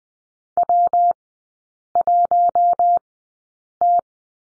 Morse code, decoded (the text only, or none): W1T